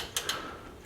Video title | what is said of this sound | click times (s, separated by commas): Hotshots for summer 2021 | it's going to force that door up into alignment and you i don't know if you can hear it or not but there's a little click in there | 0.2 s